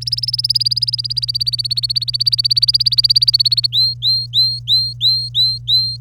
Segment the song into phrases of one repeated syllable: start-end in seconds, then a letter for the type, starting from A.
0.01-3.67 A, 3.72-5.97 B